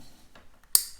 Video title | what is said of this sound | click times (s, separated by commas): EMERGENZA BLACKOUT CON BLUETTI | hasta que escuchamos el clack | 0.8 s